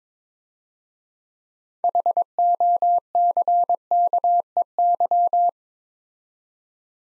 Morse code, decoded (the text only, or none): HOCKEY